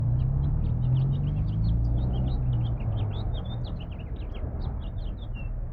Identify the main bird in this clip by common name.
House Finch